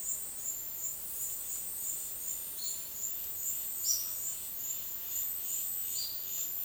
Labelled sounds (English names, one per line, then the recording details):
Yellow-olive Flatbill
Olive-faced Flatbill
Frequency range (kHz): Yellow-olive Flatbill 3.3-5.5 kHz; Olive-faced Flatbill 4.0-13.1 kHz
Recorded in dense forest near Puerto Asís, Putumayo, Colombia, on 20 February 2024 at 10:30
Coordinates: 0.502, -76.326
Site G6460